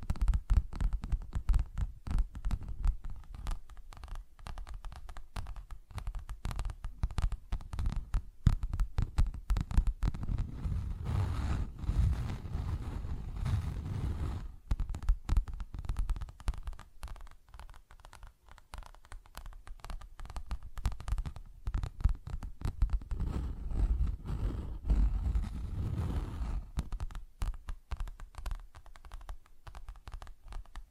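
Rapid tapping and scratching run through the whole clip as a dense stream of sharp clicks over a soft low rumble. The texture swells in busy stretches around 10–14 and 23–27 seconds and thins briefly near 18 seconds.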